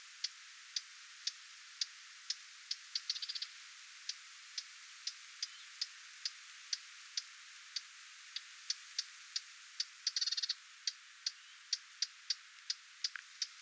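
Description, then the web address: Lesser whitethroat giving regular dry clicks about twice a second, with two brief rapid rattles in between. Parent bird giving attention calls near its fledglings, 20 July 2026. "paivat 20 7 2026 hernekerttulintuemon huomioaantelya lentopoikastensa lahella"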